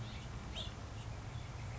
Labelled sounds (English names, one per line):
House Finch